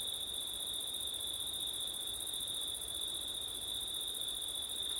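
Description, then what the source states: Crickets in a steady, continuous high trill with a second band of high buzzing above it, unbroken throughout, over a faint wash of wind. Crickets recorded on a September night with wind; ortif (ORTF) microphone setup.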